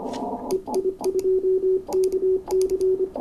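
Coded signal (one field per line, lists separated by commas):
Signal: Morse code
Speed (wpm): 25 wpm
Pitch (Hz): 380 Hz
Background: radio noise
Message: EI2KC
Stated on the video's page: 30 m CW DX pile-up, split operation, sent with a home-brew Morse key; the calling stations are very hard to hear.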